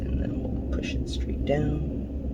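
A ribbon cable connector is lined up inside an opened ASUS UX331F notebook PC and pushed straight down toward its board socket while someone talks over a steady low hum. Nothing has seated or clicked yet; the clip ends just before the connector goes home.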